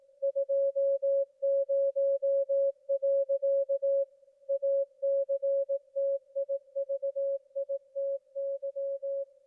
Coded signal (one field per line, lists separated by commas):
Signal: Morse code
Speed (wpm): 18 wpm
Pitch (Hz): 550 Hz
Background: music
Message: 20. ACTIVITY